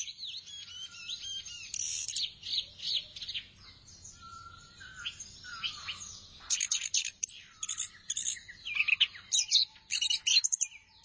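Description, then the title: Thrush song, fairly soft and rambling at first, then louder and denser, with scratchy chirps and high whistled notes in quick succession. "burung anis x"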